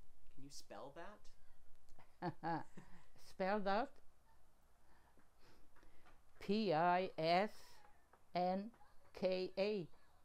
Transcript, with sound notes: Can you spell that?
(laughing) Spell that? P-I-S-N-K-A